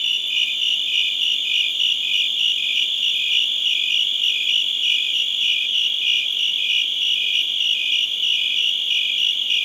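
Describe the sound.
Cricket trilling, a continuous shimmer of fast, high-pitched pulses holding an even level from start to finish.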